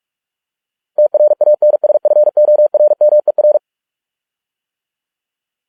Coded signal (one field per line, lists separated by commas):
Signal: Morse code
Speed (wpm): 46 wpm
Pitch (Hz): 600 Hz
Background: none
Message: TRANSFORMER